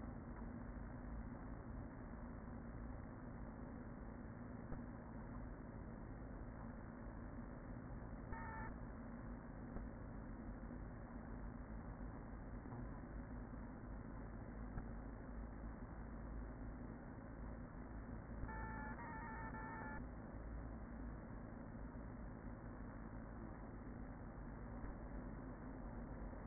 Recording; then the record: honeybee colony, microphone inside the hive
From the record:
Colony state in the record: queen present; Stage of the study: after two queens were removed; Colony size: about 40,000 bees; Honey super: no